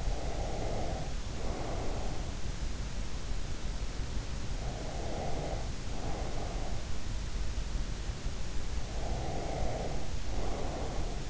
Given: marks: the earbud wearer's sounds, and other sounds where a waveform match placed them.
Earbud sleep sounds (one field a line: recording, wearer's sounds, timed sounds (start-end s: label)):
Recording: sounds in sleep by an in-ear microphone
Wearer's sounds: breath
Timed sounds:
0.00-2.39 s: breath
4.52-6.98 s: breath
8.92-11.30 s: breath